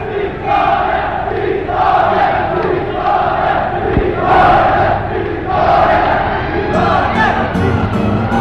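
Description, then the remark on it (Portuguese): A large crowd accompanying a military column chants and shouts "victory" in unison, a rhythmic, repeated rallying cry rising and falling in loud waves with a steady roar of voices underneath. “O povo tem avançado do Lucio e acompanha a coluna, gritando continuamente vitória e fazendo gestos à coluna de incitamento.”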